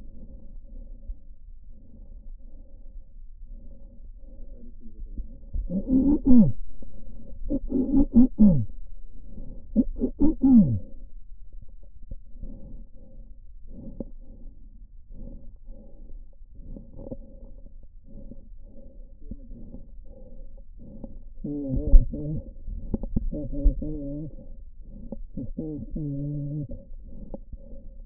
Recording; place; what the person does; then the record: lung sounds by stethoscope; trachea; quiet breathing, then cough and speech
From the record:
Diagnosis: interstitial lung disease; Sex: male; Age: 72 years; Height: 167 cm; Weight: 74 kg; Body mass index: 26.5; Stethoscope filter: diaphragm mode